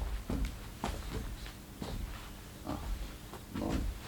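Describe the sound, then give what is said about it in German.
Two duellists pace out the dueling distance: a series of heavy, measured footsteps, each a dull thud with a gritty scrape, falling at a slow, slightly uneven pace with no voices over them. “Die beiden Duellanten messen die Entfernung ab.”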